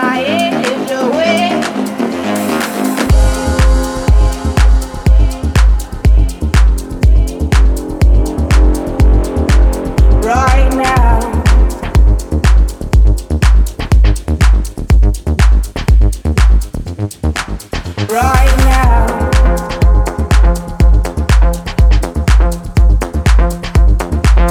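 Recorded live at a private hot spring near Gerlach, Nevada: steady thumping electronic beat with sustained tones and sliding melodic sweeps, pausing briefly twice.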